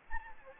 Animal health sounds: mosquito wingbeat signal from an infrared sensor; Anopheles gambiae

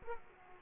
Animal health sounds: mosquito wingbeat signal from an infrared sensor; Aedes aegypti

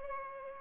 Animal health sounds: mosquito wingbeat signal from an infrared sensor; Culex pipiens

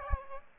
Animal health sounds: mosquito wingbeat signal from an infrared sensor; Aedes aegypti

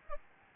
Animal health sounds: mosquito wingbeat signal from an infrared sensor; Aedes albopictus

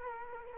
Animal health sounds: mosquito wingbeat signal from an infrared sensor; Culex quinquefasciatus

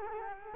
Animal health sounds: mosquito wingbeat signal from an infrared sensor; Culex quinquefasciatus

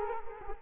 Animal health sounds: mosquito wingbeat signal from an infrared sensor; Culex quinquefasciatus

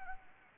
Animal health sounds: mosquito wingbeat signal from an infrared sensor; Anopheles arabiensis

